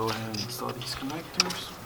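Someone talks while handling the wiring harness connectors for the ignition coils on a 2019 Mercedes GLA250, with light handling noise and a brief sharp tick near 1.4 s. The connector is being handled but has not gone home; nothing has seated or clicked yet.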